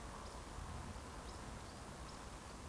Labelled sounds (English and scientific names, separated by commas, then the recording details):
Eurasian Woodcock (Scolopax rusticola) whistle, Eurasian Woodcock (Scolopax rusticola) chase call
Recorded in Baden-Württemberg, Germany, on 15 June 2020 at 20:39 UTC
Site 14569, 102 m above sea level